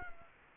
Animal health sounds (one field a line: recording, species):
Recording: mosquito wingbeat signal from an infrared sensor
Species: Culex quinquefasciatus